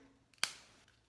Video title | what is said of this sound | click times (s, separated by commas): Applying Goddess LipSense! | you hear the pop okay here we go let's see | 0.4 s